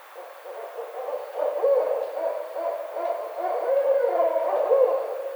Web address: Barred Owl 2009 05 29 Barred Owl